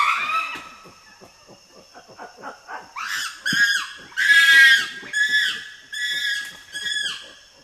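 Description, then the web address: Chimpanzee screams: shrill, harmonic shrieks in several loud bursts over a quick series of low panting grunts. "common chimpanzee"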